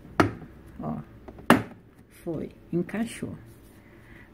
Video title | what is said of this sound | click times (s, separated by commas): como consertar geladeira pingando agua dentro brastemp frost free ative | y presiónelo. Hizo clic, | 0.2 s